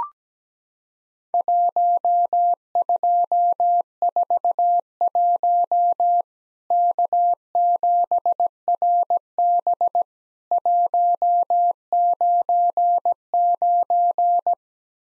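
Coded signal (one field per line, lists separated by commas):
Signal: Morse code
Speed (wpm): 17 wpm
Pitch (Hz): 700 Hz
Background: none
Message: 1241 K7RB 199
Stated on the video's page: Morse practice of Worked All Europe DX Contest QTC exchanges at 17 wpm, each sent in Morse, then spoken, then sent again.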